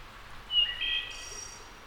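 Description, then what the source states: Wood thrush singing a single phrase: fluty whistles sliding between pitches, then a thin, high, buzzy flourish at the end. Labelled as a return.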